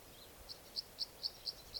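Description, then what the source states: Red Crossbill flight song: six short, bright chips, evenly spaced and high-pitched against a quiet background. Male, orange plumage, giving flight song while flying really low.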